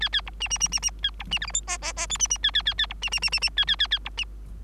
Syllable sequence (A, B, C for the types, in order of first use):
A A B C C C C C A B C D E F G G G H C C A A A A B C C C C C A A A A B C